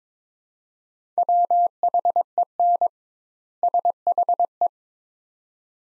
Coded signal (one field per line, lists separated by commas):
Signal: Morse code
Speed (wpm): 22 wpm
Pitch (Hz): 700 Hz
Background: none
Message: WHEN SHE